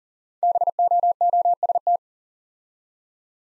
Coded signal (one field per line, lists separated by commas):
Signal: Morse code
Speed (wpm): 41 wpm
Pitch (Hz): 700 Hz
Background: none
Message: BOOST